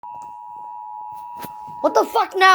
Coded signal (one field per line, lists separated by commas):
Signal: Emergency Alert System (SAME) tones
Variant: 853 and 960 Hz attention tone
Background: speech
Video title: Tornado Warning EAS 27